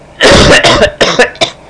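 A quick run of about five harsh, noisy cough bursts from an adult, a sound effect.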